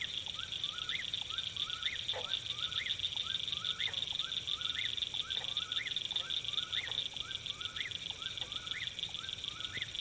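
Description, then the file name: Eastern whip-poor-will whistling its rising three-part phrase about once a second, with a continuous high pulsing insect chorus behind it. Summer dusk in a farm field, June 24, 2017; recorded with a Rode NTG2 microphone and Sound Devices 702 recorder. "Summer Dusk Whipporwhill Farm Field 41 hz Rode NTG 2 Sd 702 June 24 th 2017"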